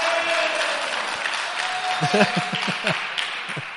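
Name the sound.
audience applause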